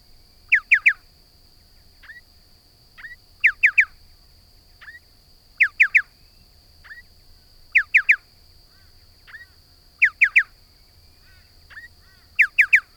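Striated pardalote repeating a loud three-note whistled call every two to three seconds, each note falling in pitch, with soft rising single notes in the gaps and a steady background tone.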